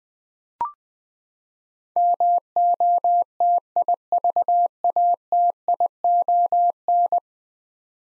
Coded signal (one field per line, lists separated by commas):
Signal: Morse code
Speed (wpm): 20 wpm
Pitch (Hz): 700 Hz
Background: none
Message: MOTIVATION